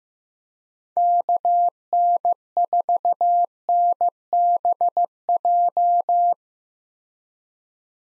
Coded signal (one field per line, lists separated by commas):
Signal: Morse code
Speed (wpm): 15 wpm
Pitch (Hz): 700 Hz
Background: none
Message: KN4NBJ